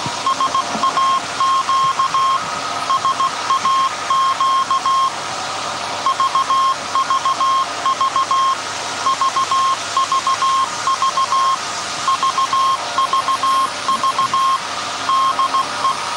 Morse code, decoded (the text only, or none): SAQ SAQ VVV VVV VVV DE